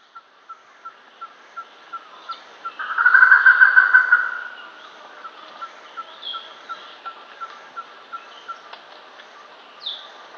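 Germain's peacock-pheasant cackling call: a steady run of short clucks about three per second, swelling into a loud rapid rattling burst near the middle, then clucks resume; faint chirps.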